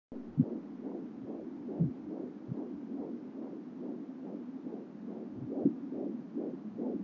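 A baby's heartbeat in the womb, heard through a Doppler monitor as rapid, regular, rhythmic whooshing pulses.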